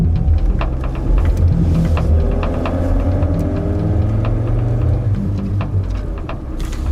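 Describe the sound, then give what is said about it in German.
A car engine drones steadily while driving, a low throbbing rumble whose pitch slowly rises and falls with speed, with a few faint clicks and no voices. “Was ich machen werde, ich werde mich ins Auto setzen und zum Flugplatz kommen.”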